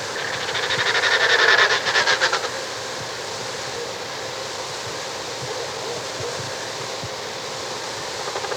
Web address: Natures Songs S America Birds of Ecuador Puna Snipe